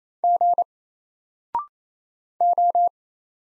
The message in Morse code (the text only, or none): G O